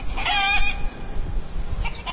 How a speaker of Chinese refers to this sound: 走在陶棚村的山路上，可以听到远处农家院子里母鸡的叫声，四周群山环绕，植被茂密。